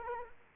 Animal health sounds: mosquito wingbeat signal from an infrared sensor; Culex quinquefasciatus

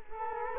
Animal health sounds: mosquito wingbeat signal from an infrared sensor; Culex quinquefasciatus

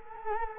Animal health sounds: mosquito wingbeat signal from an infrared sensor; Culex quinquefasciatus

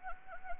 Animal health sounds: mosquito wingbeat signal from an infrared sensor; Anopheles gambiae

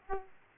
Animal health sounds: mosquito wingbeat signal from an infrared sensor; Aedes aegypti

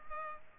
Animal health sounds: mosquito wingbeat signal from an infrared sensor; Culex pipiens

